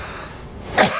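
A single brief, clear, short cough bursts out near the end of a quiet second, from an adult. In traditional Chinese medicine, this crisp, short cough marks cold phlegm: thin, white sputum that comes up very easily. It worsens with cold, such as air conditioning or cold air from an opened fridge, over an illness course of about one month.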